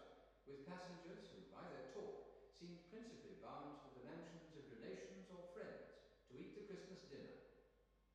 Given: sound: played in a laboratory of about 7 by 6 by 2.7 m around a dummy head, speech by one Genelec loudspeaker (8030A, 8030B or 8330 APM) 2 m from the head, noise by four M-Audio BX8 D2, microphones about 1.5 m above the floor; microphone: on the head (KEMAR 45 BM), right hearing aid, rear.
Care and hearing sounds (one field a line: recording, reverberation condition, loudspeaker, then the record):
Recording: male speech in English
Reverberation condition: high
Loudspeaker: 30 degrees to the left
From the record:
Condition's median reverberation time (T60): about 1300 ms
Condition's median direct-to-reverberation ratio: about -4.0 dB